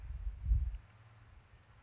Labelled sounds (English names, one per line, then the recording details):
California Towhee
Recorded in Sonoma County, California